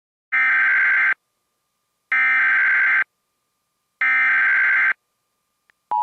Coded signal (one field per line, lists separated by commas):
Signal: Emergency Alert System (SAME) tones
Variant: header bursts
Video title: EAS Administrative Message On WJON 11/9/20 7:31 PM (19:31)